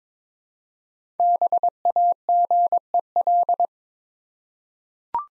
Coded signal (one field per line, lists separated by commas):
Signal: Morse code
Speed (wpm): 22 wpm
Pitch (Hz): 700 Hz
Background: none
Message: BAGEL